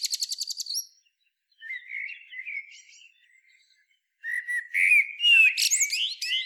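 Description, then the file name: Common blackbird song: a rapid run of high repeated notes, then soft low warbling, a pause, and a loud phrase ending in squeaky high twitters. "Turdus merula"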